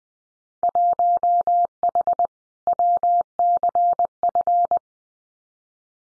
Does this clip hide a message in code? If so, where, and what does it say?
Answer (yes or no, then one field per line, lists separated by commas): yes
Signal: Morse code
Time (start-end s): 0.6-4.8 s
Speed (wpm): 20 wpm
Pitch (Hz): 700 Hz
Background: none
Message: 1H WCF